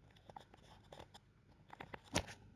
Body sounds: background sound without coughing

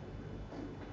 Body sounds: background sound without coughing

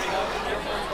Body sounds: coughing mixed with background sound

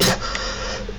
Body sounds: coughing mixed with background sound

